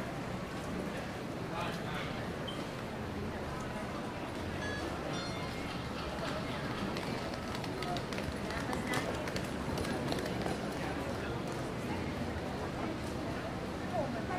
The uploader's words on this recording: In this episode we are taking a stroll down the busy 5th avenue in Playa Del Carmen, Mexico. Walking Down 5th Avenue In Playa Del Carmen.